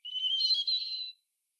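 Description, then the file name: European robin giving a thin, high, drawn-out whistled note lasting about a second, rising slightly, with one brief break midway. "Erithacus rubecula"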